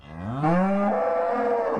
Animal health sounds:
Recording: contact call of a hoofed animal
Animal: cattle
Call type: low-frequency (closed-mouth) or high-frequency (open-mouth) call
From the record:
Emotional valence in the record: negative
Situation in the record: full separation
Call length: 1.80 s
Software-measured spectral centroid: 940 Hz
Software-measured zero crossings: 1220 a second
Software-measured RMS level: -24 dBFS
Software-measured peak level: -10 dBFS

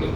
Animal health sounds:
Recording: contact call of a hoofed animal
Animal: pig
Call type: closed-mouth grunt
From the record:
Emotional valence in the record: positive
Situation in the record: food and toys in familiar pen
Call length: 0.16 s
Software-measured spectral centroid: 1720 Hz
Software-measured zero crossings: 940 a second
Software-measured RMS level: -24 dBFS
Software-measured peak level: -13 dBFS

